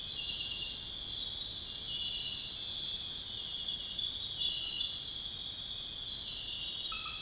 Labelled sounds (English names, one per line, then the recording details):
none
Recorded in dense forest near Puerto Asís, Putumayo, Colombia, on 19 February 2024 at 01:30
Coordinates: 0.502, -76.324
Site G6370